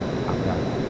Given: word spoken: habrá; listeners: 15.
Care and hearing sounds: one Spanish word in noise, from a listening test; speech-shaped noise; -5.9 dB; 3 of 15; 7 of 15; 0.49 s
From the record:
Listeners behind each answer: 7, 3, 1, 1, 1, 1, 1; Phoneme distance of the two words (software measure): 17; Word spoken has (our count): 2 syllables, 4 phonemes, stress on syllable 2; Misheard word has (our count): 2 syllables, 5 phonemes, stress on syllable 2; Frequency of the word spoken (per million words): 124.22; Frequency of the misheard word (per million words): 197.47

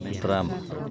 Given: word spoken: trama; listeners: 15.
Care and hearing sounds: one Spanish word in noise, from a listening test; eight-talker babble; 6.8 dB; 4 of 15; 6 of 15; 0.51 s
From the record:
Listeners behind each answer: 6, 4, 1, 1, 1, 1, 1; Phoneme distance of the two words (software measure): 10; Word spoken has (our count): 2 syllables, 5 phonemes, stress on syllable 1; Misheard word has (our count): 2 syllables, 5 phonemes, stress on syllable 1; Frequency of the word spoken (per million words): 18.76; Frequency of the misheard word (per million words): 19.25

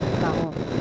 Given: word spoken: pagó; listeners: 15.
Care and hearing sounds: one Spanish word in noise, from a listening test; noise modulated by three-talker babble; -3.0 dB; 4 of 15; 6 of 15; 0.41 s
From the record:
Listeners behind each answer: 6, 4, 1, 1, 1, 1, 1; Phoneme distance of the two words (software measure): 10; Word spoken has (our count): 2 syllables, 4 phonemes, stress on syllable 2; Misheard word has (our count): 2 syllables, 4 phonemes, stress on syllable 2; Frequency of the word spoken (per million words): 12.15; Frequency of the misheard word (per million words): 0.32

